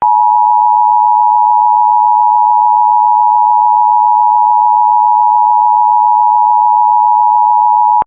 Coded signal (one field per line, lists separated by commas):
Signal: Emergency Alert System (SAME) tones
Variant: 853 and 960 Hz attention tone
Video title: WPVI-TV Emergency Alert System Required Monthly Test in PA (EAS #90)